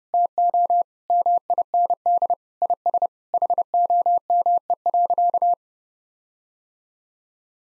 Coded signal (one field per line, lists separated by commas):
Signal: Morse code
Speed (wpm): 30 wpm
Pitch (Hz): 700 Hz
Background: none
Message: TO MIND IS HOME.